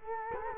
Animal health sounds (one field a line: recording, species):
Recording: mosquito wingbeat signal from an infrared sensor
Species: Culex quinquefasciatus